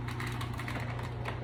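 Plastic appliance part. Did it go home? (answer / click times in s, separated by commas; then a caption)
no / none. A loose dishwasher part is worked by hand into its mount in the dishwasher, giving short handling knocks at about 0.1, 0.2, 0.7 and 1.3 seconds over a steady low hum. Nothing has seated or clicked yet.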